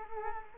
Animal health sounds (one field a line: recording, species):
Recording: mosquito wingbeat signal from an infrared sensor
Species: Culex quinquefasciatus